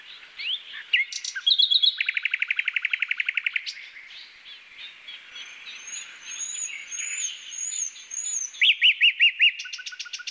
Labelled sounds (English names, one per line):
Common Nightingale song